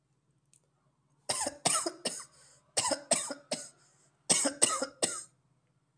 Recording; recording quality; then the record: shallow voluntary cough; excellent, no background noise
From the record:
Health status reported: COVID-19 positive, mild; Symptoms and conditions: cough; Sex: male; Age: 26 years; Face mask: not worn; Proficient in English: yes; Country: India